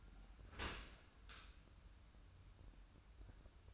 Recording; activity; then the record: daily activity, microphone in the room; open dishwasher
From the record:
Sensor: 2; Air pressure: 994.3 hPa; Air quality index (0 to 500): 212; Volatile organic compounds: 1000 ppm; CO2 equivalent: 7042 ppm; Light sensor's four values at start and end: 145/348/148/154 and 140/336/142/148